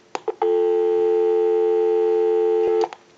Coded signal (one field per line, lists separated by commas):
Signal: telephone call progress tone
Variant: North America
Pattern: dial tone